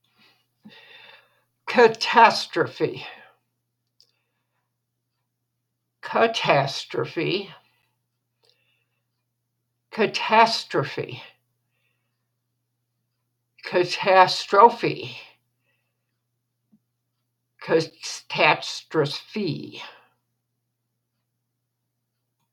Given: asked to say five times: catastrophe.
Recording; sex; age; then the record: repeated word; female; 80 to 89 years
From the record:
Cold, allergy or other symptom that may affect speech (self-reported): no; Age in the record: 80 years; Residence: Wisconsin, United States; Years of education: 25